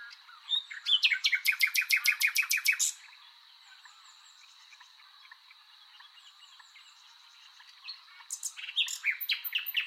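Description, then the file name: Common nightingale song, a loud rapid series of repeated clicking notes for two seconds, a long pause, then another burst of varied notes. "Luscinia megarhynchos"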